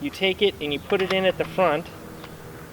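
A new steel rifle magazine is handled and hooked in at the front of a rock-in magazine well, a new mag that is a bit tight. Someone talks through most of the clip, followed by a low steady hum. Nothing has seated or clicked yet.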